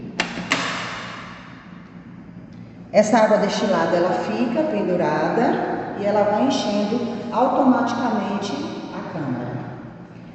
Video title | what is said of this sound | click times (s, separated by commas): Sessão científica da Unidade de E-saúde: telefisioterapia | encaixa ela até a gente ouvir um clique | 0.2 s, 0.5 s